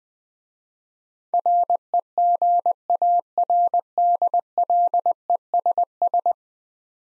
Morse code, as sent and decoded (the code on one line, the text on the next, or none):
.-. . --. .- .-. -.. .-.. . ... ...
REGARDLESS